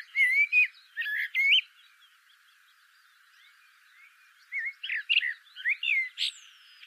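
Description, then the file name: Eurasian blackbird song: a warbling whistled phrase, a quiet gap with faint high twitters, then another varied fluting phrase. "Turdus merula"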